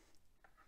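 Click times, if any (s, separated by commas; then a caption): 0.4 s. After the gas tank is inserted into an S&T M870 airsoft shotgun, the plastic end cap over the gas tank compartment is pressed back on. A short, sharp snap at 0.4 seconds stands out above a quiet background. The cap seats cleanly and clicks into place.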